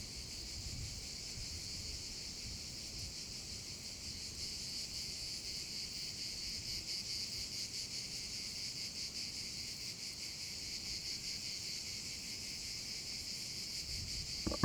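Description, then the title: Cicada chorus forming a steady shrill buzz with fast flickering pulses throughout, ending with a short sharp knock. Several cicadas over the Vallo di Diano valley near Padula, Italy; recorded with a Zoom H6 and mid-side microphone capsule. "Geoparco Padula - Cicale sulla valle del Diano"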